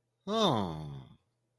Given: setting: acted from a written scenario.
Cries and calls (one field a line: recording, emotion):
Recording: vocal sound without words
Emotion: interest